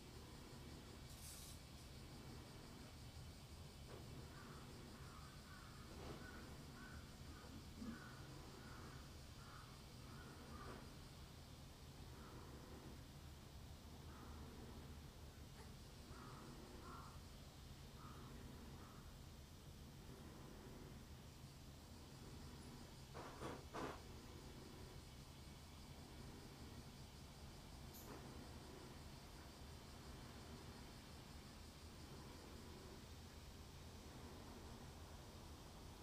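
A garden recording over a steady low hum, with scattered chirping calls through the first twenty seconds and a few sharp clicks around 24 seconds.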